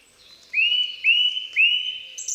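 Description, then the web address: Song thrush repeating a clear, slightly rising whistled note three times, then starting a higher phrase. "Przyroda Ptaki Spiewak"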